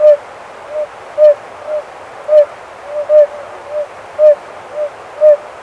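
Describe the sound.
Oriental fire-bellied toad giving gentle hooting notes, strong ones alternating with weaker ones.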